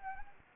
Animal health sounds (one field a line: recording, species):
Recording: mosquito wingbeat signal from an infrared sensor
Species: Anopheles gambiae